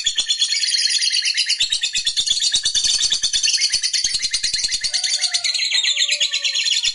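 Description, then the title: Lovebird delivering a nonstop fast chatter of high, buzzy, trilled notes throughout. Fighter lovebird singing energetically (gacor). "SUARA Lovebird FIGHTER GACOR"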